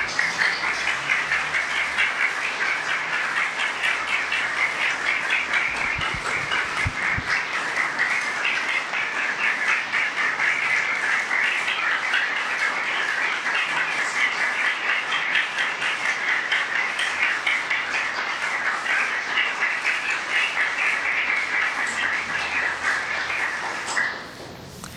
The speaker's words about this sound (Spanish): Agradezco profundamente este aplauso, que no lo tomo para mí en verdad, lo digo con toda sinceridad,